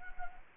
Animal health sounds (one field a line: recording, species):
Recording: mosquito wingbeat signal from an infrared sensor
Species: Culex quinquefasciatus